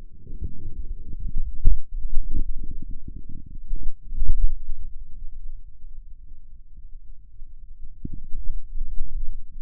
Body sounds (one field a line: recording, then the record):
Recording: forearm muscle sounds (acoustic myography)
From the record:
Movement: wrist extension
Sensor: system 2, bracelet of six BSWA MPA416 microphones around the upper forearm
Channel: 5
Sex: male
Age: 22 years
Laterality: right